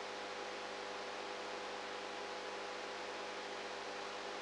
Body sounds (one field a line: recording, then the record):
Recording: brain microelectrode recording played as sound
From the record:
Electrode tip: outside the subthalamic nucleus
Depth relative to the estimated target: -6 mm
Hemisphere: right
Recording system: NeuroSet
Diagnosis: Parkinson's disease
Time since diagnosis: 19 years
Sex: female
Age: 58 years